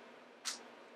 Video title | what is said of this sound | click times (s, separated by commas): What's In My Bag?! - Hello September - Teddy Blake 2016 | so all you have to do is just snap it in you can hear that snappy snap | 0.5 s